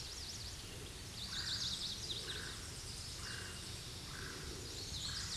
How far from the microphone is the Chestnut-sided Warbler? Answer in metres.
about 35 m